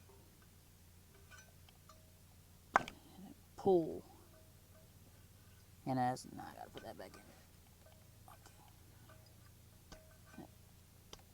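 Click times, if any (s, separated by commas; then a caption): 11.1 s. A spark plug boot is pushed back down onto a spark plug in the engine of a 2002 Pontiac Grand Am while someone talks. A few faint knocks follow, then a small sharp click at 11.1 s as the boot snaps home and seats on the plug.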